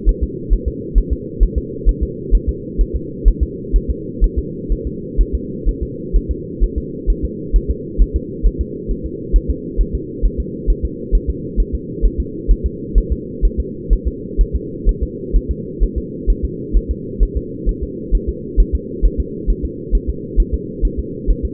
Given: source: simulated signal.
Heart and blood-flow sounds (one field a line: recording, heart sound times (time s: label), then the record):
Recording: fetal heart sounds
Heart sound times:
0.09 s: S1
0.24 s: S2
0.53 s: S1
0.68 s: S2
0.98 s: S1
1.13 s: S2
1.43 s: S1
1.58 s: S2
1.89 s: S1
2.03 s: S2
2.35 s: S1
2.49 s: S2
2.81 s: S1
2.96 s: S2
3.28 s: S1
3.43 s: S2
3.76 s: S1
3.91 s: S2
4.24 s: S1
4.39 s: S2
4.72 s: S1
4.87 s: S2
5.21 s: S1
5.35 s: S2
5.69 s: S1
5.83 s: S2
6.16 s: S1
6.31 s: S2
6.64 s: S1
6.78 s: S2
7.10 s: S1
7.25 s: S2
7.56 s: S1
7.71 s: S2
8.02 s: S1
8.16 s: S2
8.47 s: S1
8.61 s: S2
8.91 s: S1
9.06 s: S2
9.36 s: S1
9.50 s: S2
9.81 s: S1
9.95 s: S2
10.25 s: S1
10.40 s: S2
10.70 s: S1
10.85 s: S2
11.15 s: S1
11.30 s: S2
11.60 s: S1
11.75 s: S2
12.05 s: S1
12.20 s: S2
12.51 s: S1
12.66 s: S2
12.98 s: S1
13.12 s: S2
13.45 s: S1
13.60 s: S2
13.93 s: S1
14.08 s: S2
14.41 s: S1
14.56 s: S2
14.89 s: S1
15.03 s: S2
15.36 s: S1
15.51 s: S2
15.83 s: S1
15.98 s: S2
16.30 s: S1
16.45 s: S2
16.77 s: S1
16.91 s: S2
17.23 s: S1
17.37 s: S2
17.69 s: S1
17.83 s: S2
18.15 s: S1
18.29 s: S2
18.60 s: S1
18.75 s: S2
19.05 s: S1
19.20 s: S2
19.50 s: S1
19.65 s: S2
19.95 s: S1
20.09 s: S2
20.40 s: S1
20.54 s: S2
20.85 s: S1
20.99 s: S2
21.31 s: S1
21.45 s: S2
From the record:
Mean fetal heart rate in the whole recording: 130 bpm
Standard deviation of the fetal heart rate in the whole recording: 2 bpm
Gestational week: 36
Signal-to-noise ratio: -4.1 dB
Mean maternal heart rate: no maternal heart sound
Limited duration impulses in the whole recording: absent